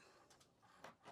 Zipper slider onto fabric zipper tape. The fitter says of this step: Et donc là, une fois que c'est enclenché, voilà, j'ai remis donc ma fermeture à glissière.